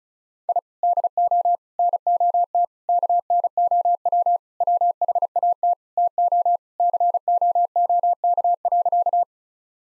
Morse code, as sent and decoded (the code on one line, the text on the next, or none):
.. / -.. --- / -. --- - / -.- -. --- .-- / .-- .... .- - / - --- / -.-. --- --- -.- .-.-.-
I DO NOT KNOW WHAT TO COOK.